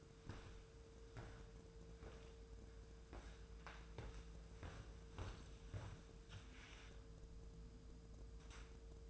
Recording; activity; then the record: daily activity, microphone in the room; walk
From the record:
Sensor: 2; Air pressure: 1005.3 hPa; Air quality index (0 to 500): 100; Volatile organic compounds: 2 ppm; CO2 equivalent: 1211 ppm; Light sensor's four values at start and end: 8/19/8/8 and 8/20/8/8